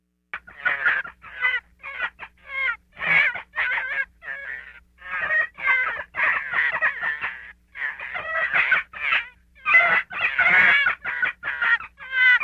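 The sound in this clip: Gray fox calls: a busy run of short, raspy yelps and chattering whines, uneven in rhythm and loudness, with brief gaps between clusters.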